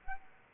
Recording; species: mosquito wingbeat signal from an infrared sensor; Aedes aegypti